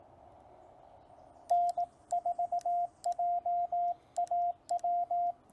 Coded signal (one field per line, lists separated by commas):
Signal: Morse code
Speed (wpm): 18 wpm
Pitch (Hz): 700 Hz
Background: radio noise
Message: N4JAW